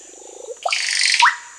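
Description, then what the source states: Russet-backed oropendola gurgling song: soft bubbling low notes build into a noisy whooshing burst and finish with a quick rising whistled note; steady high hiss behind. South America.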